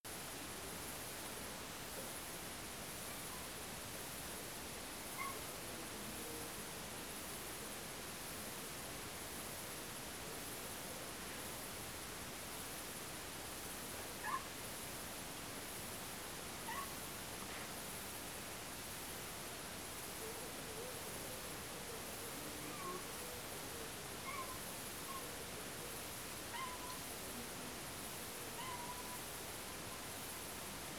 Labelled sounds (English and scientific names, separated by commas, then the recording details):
cat
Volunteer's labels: Autre biophonie chat miaulement; Autre bizarrophonie je sais pas d'où vient ce fond en forme de vague ds les hautes freq
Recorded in France